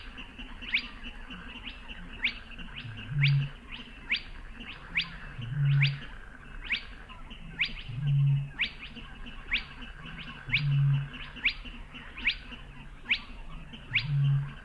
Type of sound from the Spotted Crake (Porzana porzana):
song